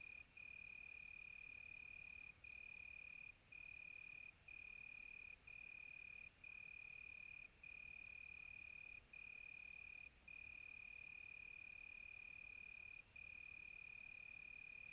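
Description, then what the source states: Cricket trill broken by several brief pauses, over a steady high-pitched chorus of other insects. Crickets on a quiet tropical night, recorded close.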